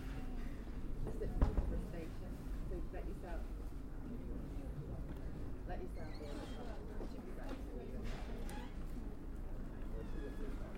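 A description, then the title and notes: Ambience on Platform 3B at Peterborough Station: a steady low rumble underlies murmured voices throughout. A brief sharp knock stands out near the second mark, and faint higher chirps and squeaks come and go, with the overall level staying fairly even. Made on Platform 3B at Peterborough Station. I was waiting for a connecting train to somewhere.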